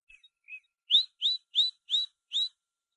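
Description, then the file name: Great tit song, a few soft notes followed by five rising whistled notes in quick succession. Training recording (masteran) for songbirds. "suara masteran great tit"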